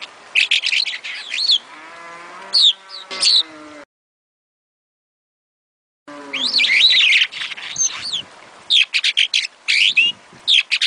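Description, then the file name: Starling giving jumbled chirping song over a lower drawn-out harmonic sound, then a silent gap of about two seconds before the quick chirps and whistles resume. "suara-kicauan-jalak-afrika omkicau"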